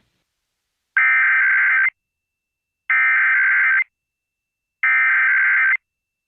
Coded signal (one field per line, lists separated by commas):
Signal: Emergency Alert System (SAME) tones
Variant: header bursts